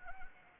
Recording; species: mosquito wingbeat signal from an infrared sensor; Anopheles arabiensis